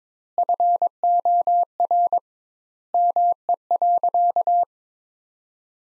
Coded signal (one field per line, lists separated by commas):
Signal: Morse code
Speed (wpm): 22 wpm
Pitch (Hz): 700 Hz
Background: none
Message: FOR ME.